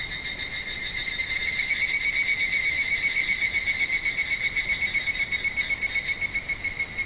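Higurashi cicada singing a shrill pulsed trill that stays steady and rhythmic throughout, roughly four pulses each second.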